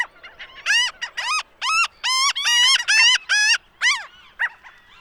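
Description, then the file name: Franklin's gull calls, loud nasal laughing yelps in a quick rhythmic run, fading into softer notes at the end. "Franklins Gull - Leucophaeus pipixcan"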